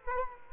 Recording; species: mosquito wingbeat signal from an infrared sensor; Culex quinquefasciatus